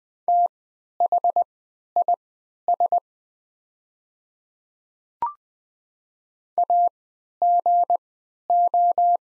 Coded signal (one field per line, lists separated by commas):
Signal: Morse code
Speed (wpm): 20 wpm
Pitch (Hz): 700 Hz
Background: none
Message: THIS AGO